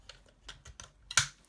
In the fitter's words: they will snap into place like that